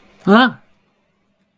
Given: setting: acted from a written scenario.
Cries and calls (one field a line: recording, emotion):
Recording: vocal sound without words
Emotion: negative surprise